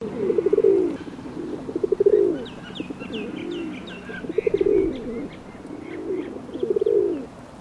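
Pigeons cooing in a flock: low, throaty rolling coos overlap in bursts every one to two seconds, with faint high chirps in the background.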